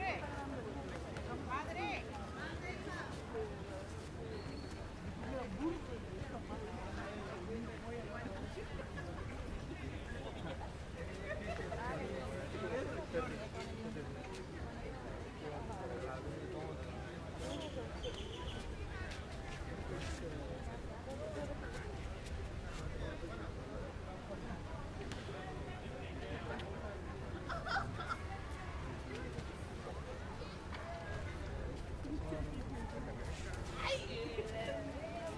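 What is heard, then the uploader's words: People chat steadily throughout, a dense mix of overlapping voices with no pauses. Beneath them runs a constant low rumble of ocean waves, and brief clicks and taps, possibly footsteps, break through every few seconds, notably around 15, 20 and 28 seconds. Beach Day At Parque Los Fundadores. In this episode we are enjoying a beach day in Playa Del Carmen. People chatting and enjoying the sun as well as the ocean waves in the back. Spanish Speaking.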